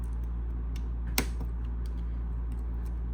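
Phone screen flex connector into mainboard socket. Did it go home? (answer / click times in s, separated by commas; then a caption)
yes / 1.2 s. A new replacement screen's flex cable connector is pressed onto its socket on the mainboard of a Tecno Spark 20C phone. A sharp click at 1.2 s shows the connector has seated, with fainter ticks around it over a steady low hum. Nobody talks.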